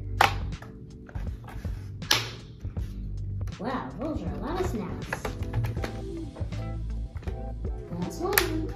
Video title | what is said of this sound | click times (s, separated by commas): 🔧🖥️HP Laptop Fan Replacement 🛠️🖥️ | we're snapping this thing back together | 0.2 s, 2.1 s